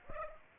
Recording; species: mosquito wingbeat signal from an infrared sensor; Aedes aegypti